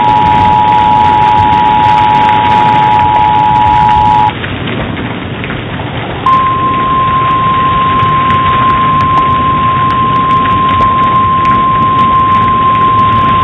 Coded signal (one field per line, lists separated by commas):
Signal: Emergency Alert System (SAME) tones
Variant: 853 and 960 Hz attention tone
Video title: EAS Fridays - All Hail The Hail